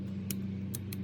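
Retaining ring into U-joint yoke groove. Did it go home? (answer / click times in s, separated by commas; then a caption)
yes / 0.3 s, 0.7 s. A small retaining ring is worked around into its groove on a U-joint yoke of the driveshaft of a 1999 F-350 truck during U-joint replacement. Sharp metallic clicks are heard at 0.3 s and 0.8 s, with a fainter click near 0.9 s, over a steady low hum. The ring is seated all the way in its groove.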